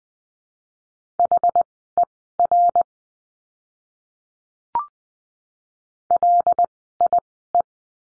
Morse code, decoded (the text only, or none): HER LIE